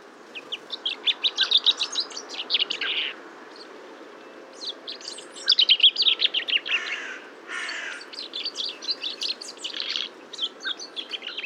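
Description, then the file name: Common chaffinch song: repeated fast trilled phrases, with two harsh, broad noisy sounds midway and steady background noise. "Fringilla coelebs"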